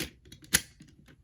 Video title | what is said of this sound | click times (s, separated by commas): Transformers Power of the Primes OPTIMUS PRIME Review - Rogue Winters | and slotting them together gives you this super satisfying clicking noise | 0.3 s, 0.4 s, 0.6 s